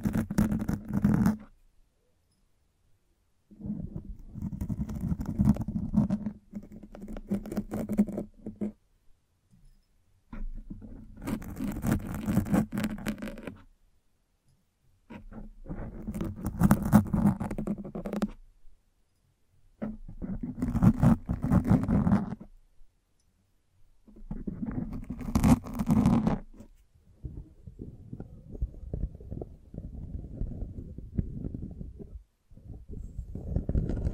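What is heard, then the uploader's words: A microphone is brushed and scratched in close, rough bursts of a few seconds each, separated by near-silent pauses. The rubbing is heavy and low with a crackly top, and the final burst is softer and duller. BRAIN TINGLES ASMR Mic Brushing and Scratching (No Talking).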